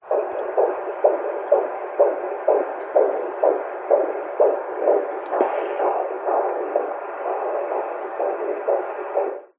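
Rapid, regular, muffled whooshing pulses at about 128 per minute over a steady hum, the typical sound of a prenatal heartbeat. This rate sits within the usual fetal range.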